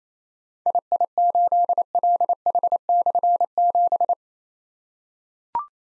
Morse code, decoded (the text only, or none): II8LH/7